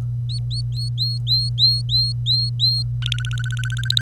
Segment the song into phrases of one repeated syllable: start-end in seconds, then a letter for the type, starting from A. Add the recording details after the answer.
0.29-2.83 A, 3.02-4.01 B. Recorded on 25 April 2018 at 06:56. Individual llb3